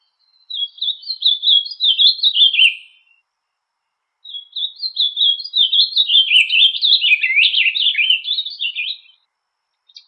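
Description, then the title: Bird song, a long rambling warble of quick twittering notes in two phrases separated by a short pause, with the start of a third at the very end and no other sounds. "LuckyPassaros CompletosSama"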